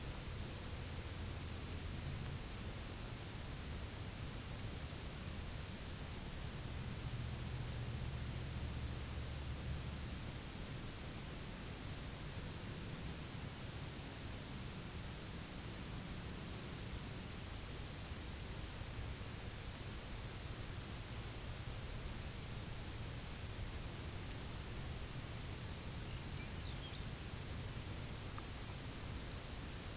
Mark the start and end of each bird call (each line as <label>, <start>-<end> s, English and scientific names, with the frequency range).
Lapland Longspur (Calcarius lapponicus) (1.6-6.8 kHz), 25.86-27.14 s